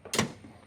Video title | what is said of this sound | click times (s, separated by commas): Ram 1500 Rough Country E-Board install! | so we can see exactly where it needs to mount up watch you'll hear it click | 0.1 s